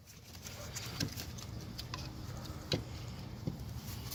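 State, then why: Not seated. A plastic wiring harness connector is handled at the newly installed alternator of a 2000 Pontiac Sunfire GT with the 2.4 engine, with brief sharp taps at about 1.0, 1.9 and 2.7 seconds over a steady low hum. Nothing has seated or clicked yet; the connector is not home.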